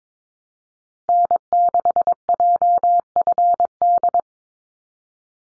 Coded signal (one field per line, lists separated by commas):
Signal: Morse code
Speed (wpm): 22 wpm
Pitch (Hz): 700 Hz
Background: none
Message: N6JFD